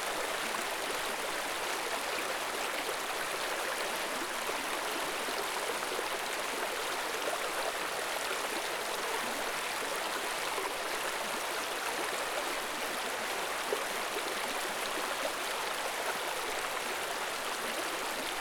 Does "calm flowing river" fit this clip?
yes